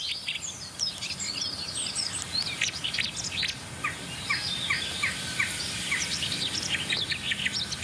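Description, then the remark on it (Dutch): A common blackbird sings amid a busy chorus of other birds, with many short, high chirps and whistled notes repeating over a steady low rumble, no voices present. “Merel.”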